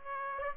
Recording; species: mosquito wingbeat signal from an infrared sensor; Aedes aegypti